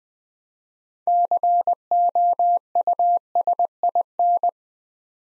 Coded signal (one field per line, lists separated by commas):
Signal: Morse code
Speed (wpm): 20 wpm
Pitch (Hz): 700 Hz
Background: none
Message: COUSIN